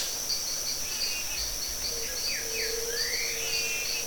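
Bird calls: several rising and falling whistled slurs and a low drawn-out whistle, over a constant high insect drone and pulsing background chorus.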